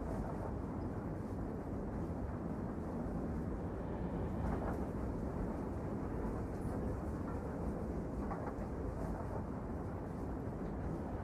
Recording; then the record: background sound without coughing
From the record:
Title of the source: Train Ride Ambience ambient white noise for sleeping, focus, studying, reading